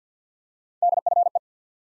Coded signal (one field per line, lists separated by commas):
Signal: Morse code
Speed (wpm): 50 wpm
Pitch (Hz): 700 Hz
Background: none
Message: DFE